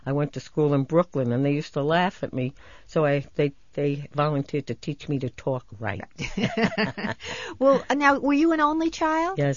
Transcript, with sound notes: I went to school in Brooklyn, and they used to laugh at me, so they volunteered to teach me to "tawk" right. ( they laugh )
Well, now, were you an only child?